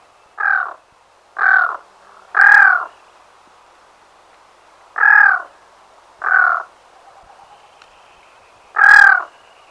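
Black-throated loon uttering raspy croaking calls, six notes in irregular bursts, some close together and others after longer pauses.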